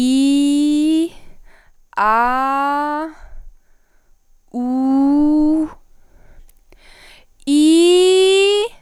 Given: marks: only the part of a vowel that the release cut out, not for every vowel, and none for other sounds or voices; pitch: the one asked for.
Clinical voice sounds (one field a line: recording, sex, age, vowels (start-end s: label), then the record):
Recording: sustained vowels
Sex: female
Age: 20 to 29 years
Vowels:
0.00-0.96 s: vowel /i/, normal pitch
2.07-2.95 s: vowel /a/, normal pitch
4.62-5.54 s: vowel /u/, normal pitch
7.61-8.54 s: vowel /i/, high pitch
From the record:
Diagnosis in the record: healthy voice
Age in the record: 21 years